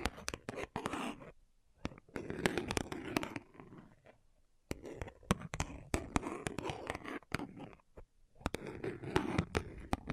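Irregular tapping comes in bursts, with sharp clicks clustered around 0–1.5, 2–4, 4.8–7.5 and 8.5–10 seconds. Between the clusters are short near-silent pauses. Under the taps sits a soft, scratchy rustle that rises and falls with each burst.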